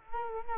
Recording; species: mosquito wingbeat signal from an infrared sensor; Culex quinquefasciatus